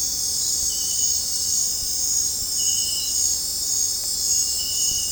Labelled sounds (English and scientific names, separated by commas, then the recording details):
none
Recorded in dense forest near Puerto Asís, Putumayo, Colombia, on 20 December 2024 at 20:30
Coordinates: 0.466, -76.327
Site G075